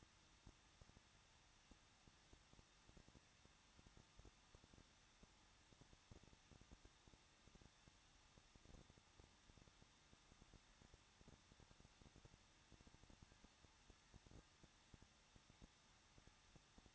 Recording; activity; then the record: daily activity, microphone in the room; no activity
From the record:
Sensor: 3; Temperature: 21.2 degrees Celsius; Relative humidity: 36.3%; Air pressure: 1006.5 hPa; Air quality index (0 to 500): 221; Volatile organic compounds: 39 ppm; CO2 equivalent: 3132 ppm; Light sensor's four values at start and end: 2/3/2/2 and 2/3/2/2